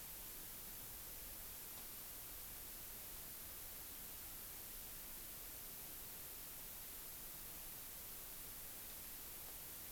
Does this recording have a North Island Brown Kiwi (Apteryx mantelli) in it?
no